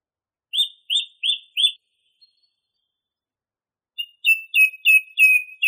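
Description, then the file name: Song thrush song: a clear downslurred note repeated four times, a pause, then a different chirping note repeated about five times. Masteran recording, used for training songbirds. "suara masteran songthrush"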